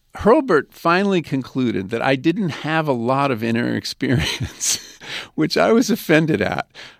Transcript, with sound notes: Hurlburt finally concluded that I didn't have a lot of inner experience (laughter), which I was offended at.